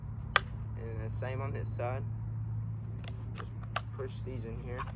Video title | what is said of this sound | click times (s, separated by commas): How to Ride a Dirt Bike (for Beginners) | of like a seatbelt but these are a little different you just push them in there and go it clicks and the | 0.4 s